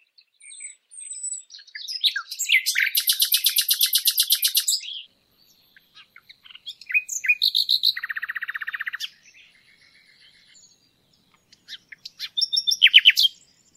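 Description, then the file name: Common nightingale song in varied phrases: a fast run of loud repeated notes, a lower buzzy trill, then sharp notes between short pauses. "Nachtigall"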